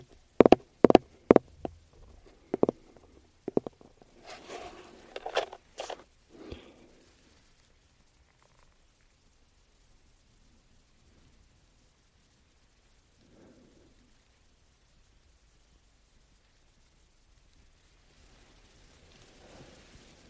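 Aroma oil bottle and case tapping: sharp taps come in quick bursts during the first seven seconds, bright clicks with some light rattling between them. Then it falls almost silent, with a faint soft rub around thirteen seconds and a gentle hiss near the end.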